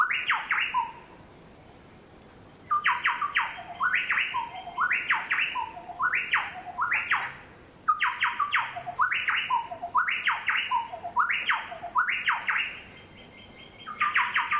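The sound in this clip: Chowchilla calls: loud ringing phrases of rising and falling notes, delivered in rapid runs of repeated bursts with short silent pauses between bouts.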